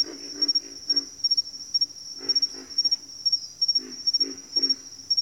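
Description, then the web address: Pig frogs call in clusters of deep, hoarse grunts, two or three in quick succession, against a continuous high insect whine. Pig frogs in a bayou. "Echoes of Nature - Bayou Pig Frogs"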